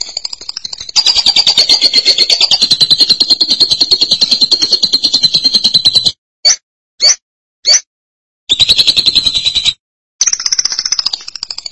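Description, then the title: Lovebird chatter, a fast high buzzy trill held for about six seconds, then short clipped bursts with abrupt gaps before the rapid chatter resumes. "BM Suara Burung Lovebird"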